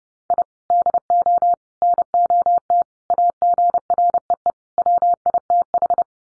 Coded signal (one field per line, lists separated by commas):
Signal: Morse code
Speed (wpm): 30 wpm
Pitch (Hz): 700 Hz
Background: none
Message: I DO NOT AGREE WITH